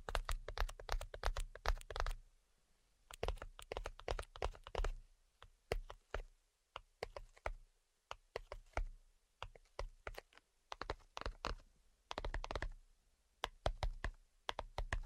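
Rapid tapping comes in dense bursts of sharp, crisp clicks, each run lasting a second or two before brief pauses. The taps have a bright, clacking edge with a soft low thud beneath, and the pace stays quick and fairly even throughout.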